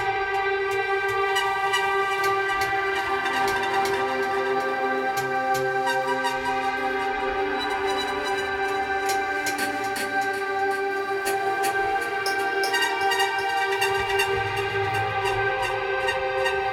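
An overturned bass drum is rubbed, layered with sustained synthetic pads. Steady tones hold throughout, ringing in several bright bands, while faint scraping textures and soft taps shift underneath, with a low rumbling swell near the end. Loudness stays even.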